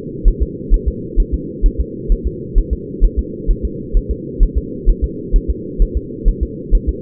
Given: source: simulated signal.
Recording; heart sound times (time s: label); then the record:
fetal heart sounds
0.28 s: S1
0.42 s: S2
0.74 s: S1
0.88 s: S2
1.20 s: S1
1.34 s: S2
1.66 s: S1
1.80 s: S2
2.12 s: S1
2.27 s: S2
2.58 s: S1
2.73 s: S2
3.04 s: S1
3.19 s: S2
3.51 s: S1
3.65 s: S2
3.97 s: S1
4.11 s: S2
4.43 s: S1
4.58 s: S2
4.89 s: S1
5.04 s: S2
5.36 s: S1
5.50 s: S2
5.82 s: S1
5.97 s: S2
6.28 s: S1
6.43 s: S2
6.75 s: S1
6.89 s: S2
From the record:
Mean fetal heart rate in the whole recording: 130 bpm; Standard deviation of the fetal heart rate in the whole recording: 2 bpm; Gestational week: 38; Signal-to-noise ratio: -4.1 dB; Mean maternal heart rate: no maternal heart sound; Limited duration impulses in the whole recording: absent